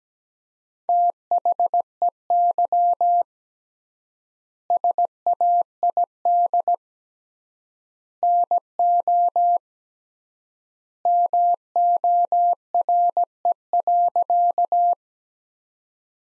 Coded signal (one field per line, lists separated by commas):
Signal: Morse code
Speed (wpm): 17 wpm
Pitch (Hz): 700 Hz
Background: none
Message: THEY SAID NO MORE.